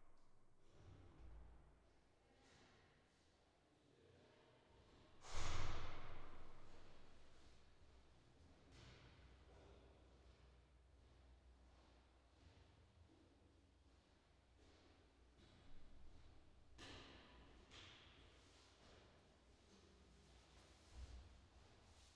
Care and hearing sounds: everyday scene through a hearing-aid microphone; reverberant space; background noise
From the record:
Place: staircase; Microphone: in the ear canal, left

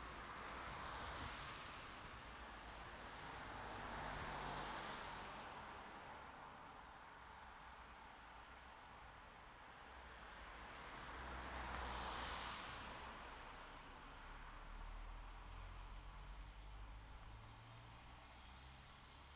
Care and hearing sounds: everyday scene through a hearing-aid microphone; in traffic; traffic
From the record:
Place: city secondary road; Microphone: in the ear canal, left

